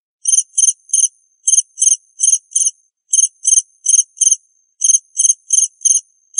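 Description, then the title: Cricket giving high pulsed chirps in short clusters with brief pauses between clusters, no other sounds. "suara Hujan Guntur Suara Jangkrik Dan Burung"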